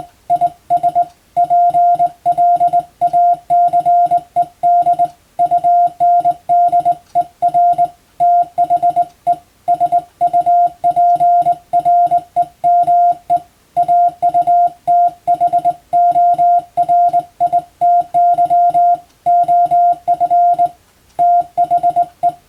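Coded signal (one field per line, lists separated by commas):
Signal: Morse code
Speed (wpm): 21 wpm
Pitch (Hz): 700 Hz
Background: music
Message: IS PLACED UNDER THE SUPREME AUTHORITY OF THE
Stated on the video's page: Morse practice for the Japanese radiotelegraph operator exam, recorded on the amateur bands.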